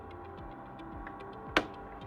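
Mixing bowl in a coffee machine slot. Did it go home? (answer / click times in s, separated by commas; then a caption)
yes / 1.6 s. A plastic mixing bowl is slid back into its slot in a JDE Necta Krea Touch coffee machine and pushed down until it clicks into place. The sharp click lands at 1.6 s over a steady background hum with faint ticking, and the bowl is seated.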